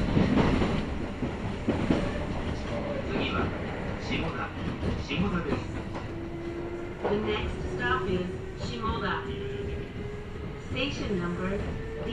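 A ride aboard a Kintetsu Osaka Line section semi-express train, with a dense, steady rumble of wheels and car noise throughout. From about six seconds a sustained tone appears, rising slightly near the end, while short voice-like sounds and clatters break through now and then.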